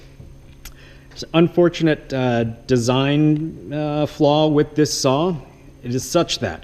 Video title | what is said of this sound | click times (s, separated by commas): How to use a Sliding Compound Miter Saw Chop Saw | release the thumb switch, and press down. That locks this into place | 0.7 s